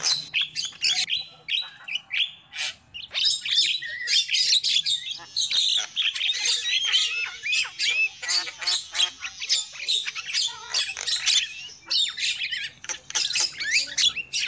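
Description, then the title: Lovebird chatter, dense shrill chirps and squeaky notes with only short gaps, and a faint low hum underneath. Lovebird calls used as a lure for trapping. "PIKAT BURUNG LOVEBIRD"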